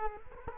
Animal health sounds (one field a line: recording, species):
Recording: mosquito wingbeat signal from an infrared sensor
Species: Culex quinquefasciatus